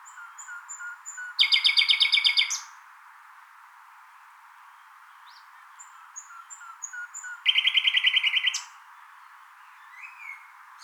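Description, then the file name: Common nightingale singing two loud, fast machine-gun trills about six seconds apart, with soft piping notes and a brief high whistle in the quiet between. "Luscinia megarhynchos"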